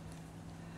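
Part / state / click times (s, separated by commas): U-joint retaining C-clip into axle shaft yoke / not seated / none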